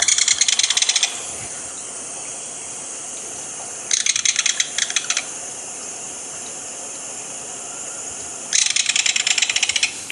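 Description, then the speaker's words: Belted Kingfisher rattle call: three loud, dry, rapid rattling bursts, at the start, near four seconds and near nine seconds, over a steady hiss. Often heard rattling before the bird is seen; may fly very close to the water looking for food; often perches deep in cattails and flushes to another perch when approached. "So here's the call of the kingfisher."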